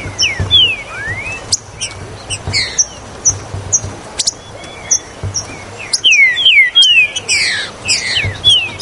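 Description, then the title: Green-winged saltator song: a few soft whistles early, then a loud run of descending slurred whistled notes near the end, with clicks and high chirps. "Trinca Ferro"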